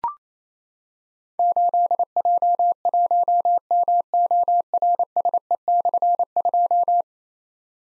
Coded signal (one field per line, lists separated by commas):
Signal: Morse code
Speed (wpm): 27 wpm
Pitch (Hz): 700 Hz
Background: none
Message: 8J1MORSE/2